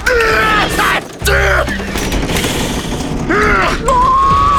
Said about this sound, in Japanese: とうとうパイプ椅子を丸めちまったぞ。映画のオーディションで何やってんのあの人。